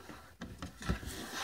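A plastic lens cover is handled against the housing of an under-cabinet kitchen light fixture, with two brief sharp knocks around 0.4 and 0.6 seconds among light rubbing and handling noise. The cover has not seated or snapped into place yet.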